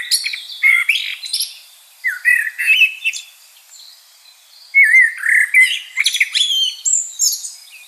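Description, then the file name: Common blackbird song: mellow warbled phrases with high scratchy twitters, repeated several times with short pauses between them. "Turdus merula"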